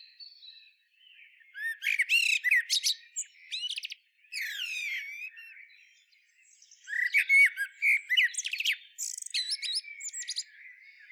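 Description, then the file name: Common blackbird uttering bouts of high, scratchy chattering and squeaky twitters, with two loud bursts separated by a quieter pause. "Turdus merula"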